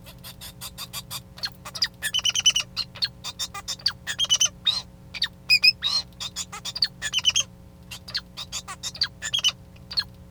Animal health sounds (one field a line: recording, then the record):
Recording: song of a male Bengalese finch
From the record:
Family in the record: son of father 2